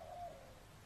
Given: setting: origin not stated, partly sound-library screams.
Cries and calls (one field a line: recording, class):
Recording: one-second piece from a danger detection set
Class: normal situation